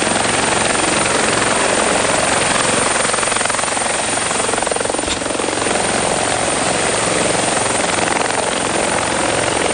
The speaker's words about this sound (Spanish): el sonido anhelado del helicóptero. Cada tanto lo ponemos para estimularnos, para... es como una especie de... qué sé yo, como un rapé, como usaban los antiguos franceses.